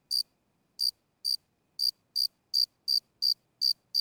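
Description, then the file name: Grasshopper giving short, high, rasping chirps at slightly uneven intervals, roughly three per second, against a silent background. "kuznechik"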